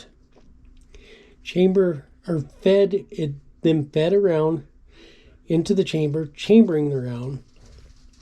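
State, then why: Not seated. The barrel of a break-action firearm is handled as it is brought up toward the receiver, while someone talks throughout. Only a couple of faint ticks are heard near the start, and the clip ends before the barrel locks shut, so nothing has seated or clicked yet.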